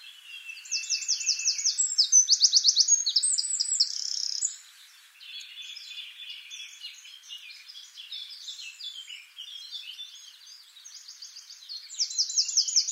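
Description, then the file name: Eurasian wren song: loud, rapid, high-pitched trills and chattering notes for about four seconds, then softer twittering, and another sharp trill starts near the end. "Troglodytes troglodytes"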